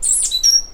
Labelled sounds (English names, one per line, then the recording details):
Stitchbird song
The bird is a male
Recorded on Tiritiri Matangi Island, New Zealand, in 2005
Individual 2, of nest box 2